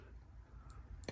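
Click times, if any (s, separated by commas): none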